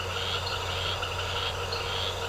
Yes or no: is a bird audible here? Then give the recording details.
no. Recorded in secondary vegetation near Puerto Asís, Putumayo, Colombia, on 4 March 2025 at 18:30. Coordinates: 0.468, -76.324. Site G059